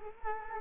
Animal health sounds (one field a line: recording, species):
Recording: mosquito wingbeat signal from an infrared sensor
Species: Culex quinquefasciatus